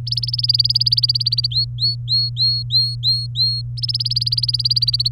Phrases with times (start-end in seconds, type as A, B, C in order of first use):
0.06-1.47 A, 1.51-3.61 B, 3.77-5.08 A